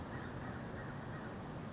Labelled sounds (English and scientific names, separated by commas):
California Towhee (Melozone crissalis)